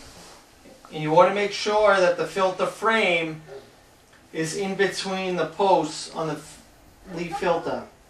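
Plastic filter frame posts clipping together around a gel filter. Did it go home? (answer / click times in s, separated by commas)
no / none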